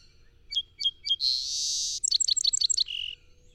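Song sparrow delivering three quick introductory notes, a long rasping buzz, a fast run of sweet chips, then a short lower buzz.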